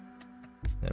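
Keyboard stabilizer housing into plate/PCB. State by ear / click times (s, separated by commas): seated / 0.9 s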